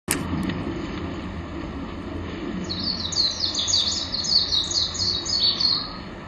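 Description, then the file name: Japanese white-eye: after a sharp click, a fast, high-pitched twittering song tumbles along for about three seconds over steady background noise. "メジロ 高倉"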